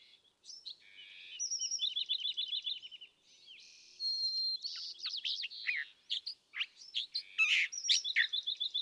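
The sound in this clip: California thrasher singing a rambling string of varied phrases, with buzzy notes, quick trills, slurred whistles and harsh chips, each changing every second or so.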